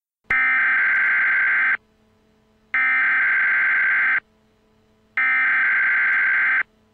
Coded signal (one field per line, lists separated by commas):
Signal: Emergency Alert System (SAME) tones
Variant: header bursts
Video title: Hurricane Sandy EAS